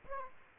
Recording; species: mosquito wingbeat signal from an infrared sensor; Aedes aegypti